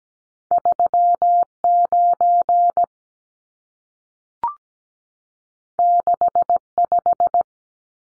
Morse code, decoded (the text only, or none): 39 65